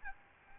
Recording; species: mosquito wingbeat signal from an infrared sensor; Aedes albopictus